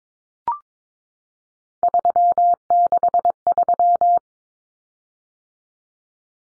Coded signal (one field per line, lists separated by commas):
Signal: Morse code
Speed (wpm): 22 wpm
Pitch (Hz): 700 Hz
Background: none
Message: 363